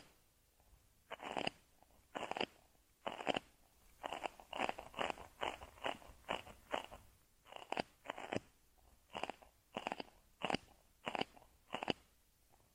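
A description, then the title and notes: Ear cleaning with crinkly scratching and tapping, about seventeen short rustling bursts at a quick, fairly regular pace over quiet gaps. This video includes tapping, scratching, crinkle sound, ear cleaning and more.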